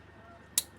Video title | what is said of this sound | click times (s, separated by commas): Pesenan Sabo di Cikarang Reflektor Yamaha X-Ride Old Merk WIN Motif Spider + LUXIMOS LS3 + Saklar | sampai bunyi klik. | 0.6 s